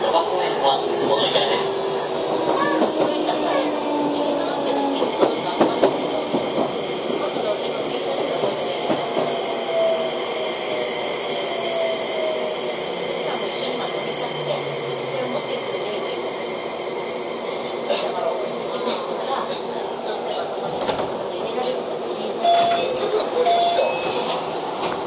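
A Keio 5000 series train runs between Motoyawata and Hashimoto, its motor and wheel noise holding a steady, dense roar throughout. Whining tones glide up and down as it moves, with clicks and rattles scattered across the clip and brief voices mixed in.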